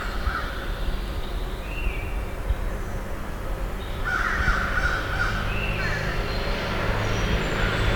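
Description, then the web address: Fish crow giving a few nasal caws over a constant low rumble. Three Oaks, Michigan; 4 June 2009, 08:06. "Michigan Bird Songs Corvus ossifragus 20090604 0806 MI-Three Oaks"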